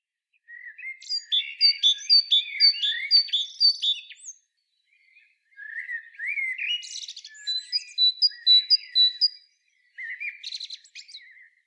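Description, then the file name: Great tit calls: bursts of rapid chattering notes mixed with clear, high, evenly spaced two-part notes about twice a second, broken by short pauses. "Parus major"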